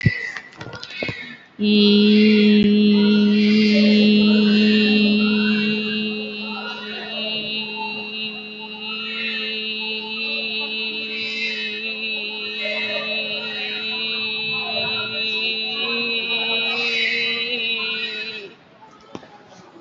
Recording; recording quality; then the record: sustained vowel as in beet; moderate, slight background noise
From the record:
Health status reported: COVID-19 positive, moderate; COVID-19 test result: positive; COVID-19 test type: RT-PCR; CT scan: taken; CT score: 4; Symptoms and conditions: cough, cold, fatigue, muscle pain, loss of smell and taste, another respiratory illness, hypertension, diabetes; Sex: female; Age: 46 years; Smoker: no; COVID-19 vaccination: both doses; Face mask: worn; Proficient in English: yes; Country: India